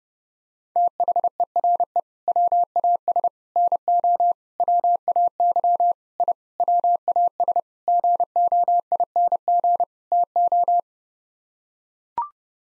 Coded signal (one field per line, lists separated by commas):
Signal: Morse code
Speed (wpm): 30 wpm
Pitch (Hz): 700 Hz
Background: none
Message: THERE WAS NO WAY I WAS GOING TO